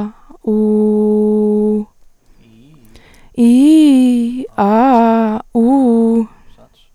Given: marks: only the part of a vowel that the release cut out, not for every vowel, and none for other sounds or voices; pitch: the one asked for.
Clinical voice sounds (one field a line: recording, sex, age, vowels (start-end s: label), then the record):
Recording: sustained vowels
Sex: female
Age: 20 to 29 years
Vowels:
0.54-1.71 s: vowel /u/, low pitch
3.44-4.36 s: vowel /i/, low-high-low pitch
5.60-6.17 s: vowel /u/, low-high-low pitch
From the record:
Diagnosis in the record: healthy voice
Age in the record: 21 years